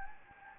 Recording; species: mosquito wingbeat signal from an infrared sensor; Anopheles gambiae